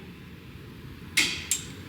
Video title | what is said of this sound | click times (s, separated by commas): 2022 Ford F350 PMF Dual Steering Shock And Differential Cover Install | hear that nice click | 1.2 s